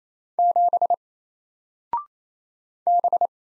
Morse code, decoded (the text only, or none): 7 B